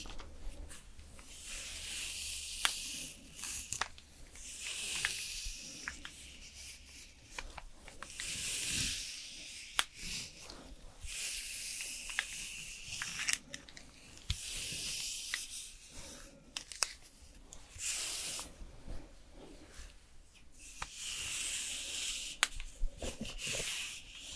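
Makeup and hair styling sounds: soft, hissy brushing and rubbing strokes come and go in swells, strongest in the high, bright range. Sharp little clicks and taps punctuate it irregularly every second or two, with a faint low hum underneath throughout.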